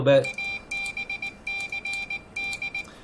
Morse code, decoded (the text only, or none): ABCD